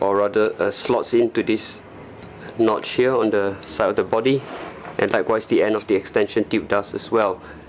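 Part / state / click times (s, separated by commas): vacuum extension tube into the parking slot on the vacuum body / not seated / none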